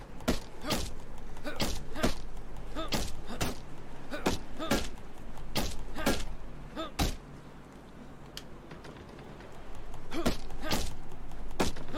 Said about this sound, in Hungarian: Na, akkor most egy picit meggyalújjuk az ajtókát.